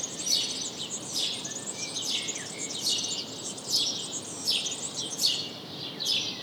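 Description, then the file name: House sparrow chirps coming quickly and overlapping, over a steady hiss. "Passer domesticus"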